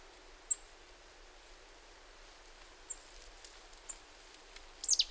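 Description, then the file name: Marsh Tit calls: a few brief high thin notes spaced over several seconds, then a quick burst of sharper descending notes at the end, over quiet hiss. "Poecile palustris"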